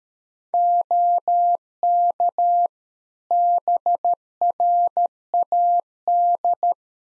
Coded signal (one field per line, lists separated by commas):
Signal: Morse code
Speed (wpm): 13 wpm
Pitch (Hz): 700 Hz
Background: none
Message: OK BRAD